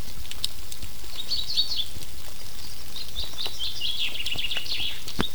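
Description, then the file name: Common chaffinch song, two rapid runs of bright chirping notes, over steady background hiss and faint ticks. "Fringilla coelebs"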